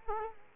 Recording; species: mosquito wingbeat signal from an infrared sensor; Culex quinquefasciatus